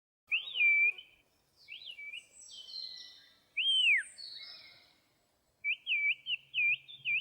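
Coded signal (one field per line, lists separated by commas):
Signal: whistled language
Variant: Turkish kuş dili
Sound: loud shrill whistles gliding up and down in short phrases, bird-like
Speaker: if you think you just heard some bird singing you are wrong this is Kush also known as the Turkish bird language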